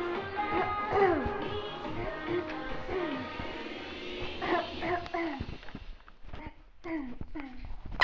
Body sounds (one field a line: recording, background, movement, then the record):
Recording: throat clearing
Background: music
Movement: walking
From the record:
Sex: female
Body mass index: 18.8 kg/m2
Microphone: on the chest, facing outward